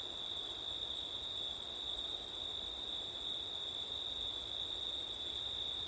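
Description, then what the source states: Continuous high cricket trilling, layered in two pitches and evenly sustained, accompanied by a light wash of wind. Crickets on a September night, with wind; ortif (ORTF) microphone setup.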